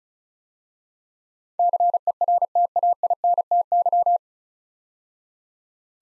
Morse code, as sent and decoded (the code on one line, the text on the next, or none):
-.-. . .-. - .- .. -. - -.--
CERTAINTY